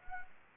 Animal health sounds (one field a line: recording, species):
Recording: mosquito wingbeat signal from an infrared sensor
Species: Anopheles gambiae